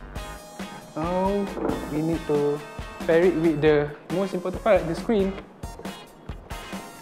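Someone talks over background music while handling a BenQ XL2430T monitor panel, about to pair it with the stand's mounting bracket after the base and stand have been assembled. A few short knocks and handling sounds are heard near the end, but nothing has seated or clicked yet.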